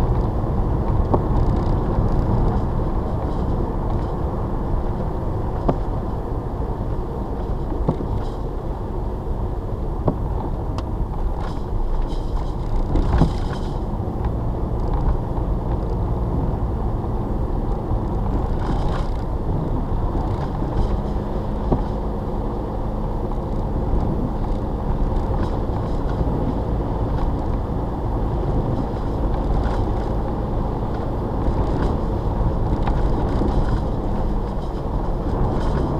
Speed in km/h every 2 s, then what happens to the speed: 53, 56, 56, 48, 44, 40, 39, 40, 42, 44, 42, 42, 42, 42, 44, 45, 45, 47.
0-5 steady at about 56. 5-11 slows to 39. 11-36 speeds up to 47.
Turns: none.